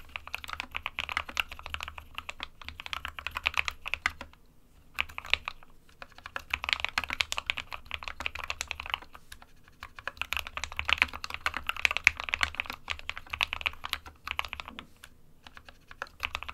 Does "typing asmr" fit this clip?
yes